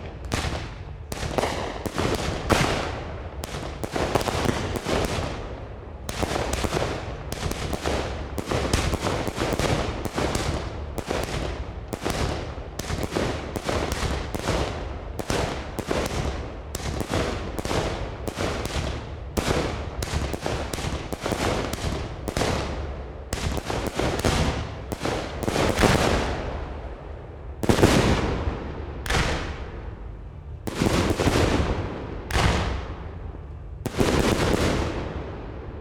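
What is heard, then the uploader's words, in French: Fireworks crackle and bang in a dense, almost continuous barrage of sharp bursts for the whole stretch, with overlapping pops and a low rumble underneath. Toward the end the explosions thin out into separate loud cracks with short gaps between them. Feux d'artifices.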